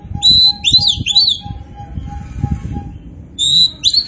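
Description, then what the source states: Oriental magpie-robin song, short high whistled phrases with sweeping notes in two bursts, over a steady low hum. Kacer poci type of Oriental magpie-robin, described as gacor (singing vigorously and continuously).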